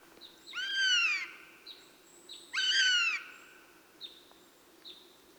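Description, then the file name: Eurasian jay calls: two loud, harmonic mewing notes that arch up then slide down, with short high downslurred notes before, between and after them and a thin high whistle between them. "Garrulus glandarius"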